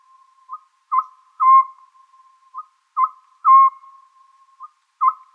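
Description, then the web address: Oriental scops owl gives its short-short-long hooting phrase in a steady rhythm, two full phrases and the start of a third here, the final note of each loudest. "konohazuku"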